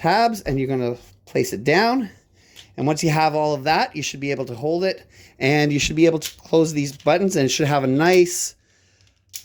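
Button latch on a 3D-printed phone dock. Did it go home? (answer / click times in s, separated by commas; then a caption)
yes / 9.4 s. Someone talks while closing the button latches on an assembled 3D-printed plastic phone dock. After the talk stops, a few faint ticks are followed by a sharp click at 9.4 s as the buttons close and seat.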